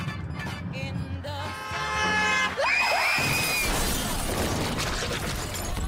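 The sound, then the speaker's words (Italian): A sustained tonal blare and a brief tire screech give way to a loud, crunching car crash as a car carrying three youths, driven while texting, hits one car and then another, with glass shattering and debris clattering on through a long noisy tail. “Tre ragazzi in auto, un SMS divertente da mandare, lo sguardo sulla tastiera invece che sulla strada, fino allo schianto. Contro una prima auto, poi contro un'altra ancora.”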